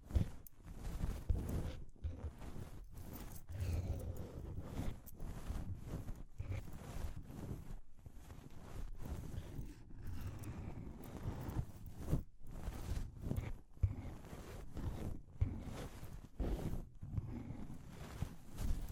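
Muffled scratching and rubbing for ear cleaning, dense and rumbling low, broken by frequent brief pauses and irregular soft taps throughout.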